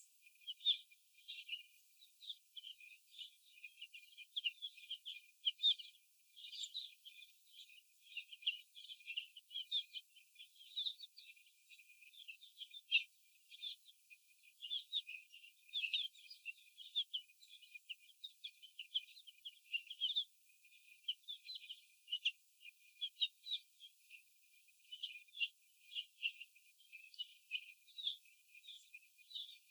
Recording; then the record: young laying hens in a cage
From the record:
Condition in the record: after the stressor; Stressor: sudden umbrella opening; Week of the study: 2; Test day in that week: 1